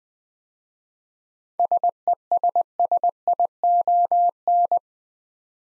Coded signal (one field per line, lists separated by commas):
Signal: Morse code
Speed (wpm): 20 wpm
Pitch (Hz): 700 Hz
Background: none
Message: SESSION